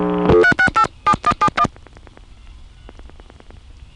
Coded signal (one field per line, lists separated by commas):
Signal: DTMF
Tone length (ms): 80 ms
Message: 3687171